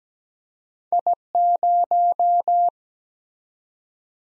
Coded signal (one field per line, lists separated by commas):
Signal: Morse code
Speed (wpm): 17 wpm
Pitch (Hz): 700 Hz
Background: none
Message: I0